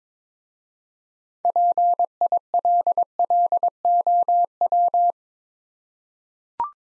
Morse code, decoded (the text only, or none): PILLOW